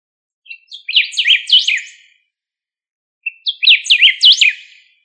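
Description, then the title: Bird giving two high, sweet phrases of quick up-and-down chirped notes, each phrase lasting about a second and a half, separated by a pause in otherwise quiet surroundings. "LuckyPassaro Completos2Sama"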